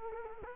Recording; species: mosquito wingbeat signal from an infrared sensor; Culex quinquefasciatus